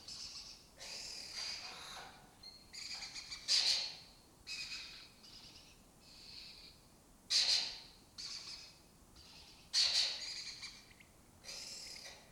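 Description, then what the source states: Lesser kestrel calls: grating, hoarse bursts repeated every second or two, with quieter chattering between the louder ones. Breeding colony in an abandoned building in Doñana, southern Europe; migratory raptor that spends its foraging time in West Africa.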